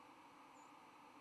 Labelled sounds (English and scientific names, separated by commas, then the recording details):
White-throated Sparrow (Zonotrichia albicollis) flight call
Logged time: 07:27 on 10 November 2014